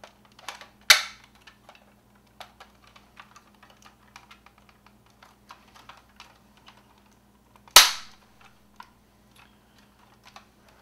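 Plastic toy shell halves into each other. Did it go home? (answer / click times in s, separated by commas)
yes / 0.9 s, 7.8 s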